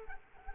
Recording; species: mosquito wingbeat signal from an infrared sensor; Culex quinquefasciatus